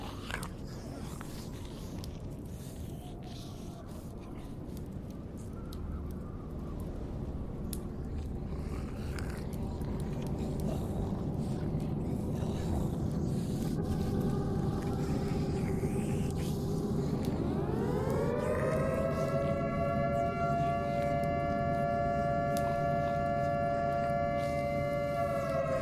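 Zombie apocalypse ambience opens on a dense, low, rumbling bed of crackling and scattered clicks that slowly grows louder. Around eighteen seconds a siren rises in pitch and settles into a steady, layered wail that holds to the end over the continuing rumble.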